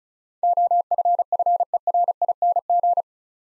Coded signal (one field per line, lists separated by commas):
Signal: Morse code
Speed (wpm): 36 wpm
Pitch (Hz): 700 Hz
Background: none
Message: OFFERING